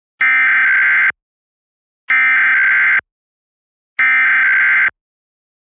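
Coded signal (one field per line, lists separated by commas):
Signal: Emergency Alert System (SAME) tones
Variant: header bursts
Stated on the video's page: Pennsylvania statewide Required Monthly Test relayed by several FM, TV and cable stations; one station mistakenly ran a silent Required Weekly Test, and one relay failed.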